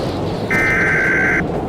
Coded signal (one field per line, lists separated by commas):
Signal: Emergency Alert System (SAME) tones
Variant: header bursts